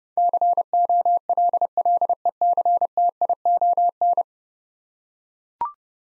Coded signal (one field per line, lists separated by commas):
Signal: Morse code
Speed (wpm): 32 wpm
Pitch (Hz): 700 Hz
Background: none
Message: COLLECTION